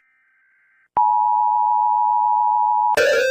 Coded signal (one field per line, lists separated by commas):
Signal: Emergency Alert System (SAME) tones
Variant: 853 and 960 Hz attention tone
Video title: eas alram but ocs, emojis